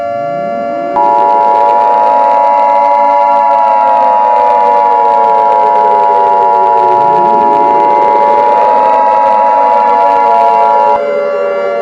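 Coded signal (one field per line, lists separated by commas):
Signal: Emergency Alert System (SAME) tones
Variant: 853 and 960 Hz attention tone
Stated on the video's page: Fictional EAS scenario, a simulated alert rather than a real broadcast.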